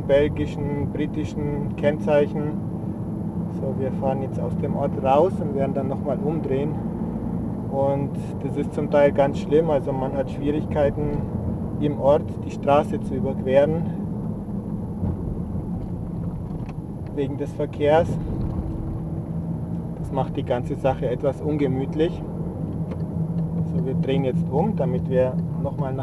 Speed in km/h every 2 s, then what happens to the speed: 45, 46, 48, 49, 49, 48, 45, 34, 32, 34, 36, 36, 27.
0-9 steady at about 48. 9-15 slows to 32. 15-22 steady at about 34. 22-26 slows to 27.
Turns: none.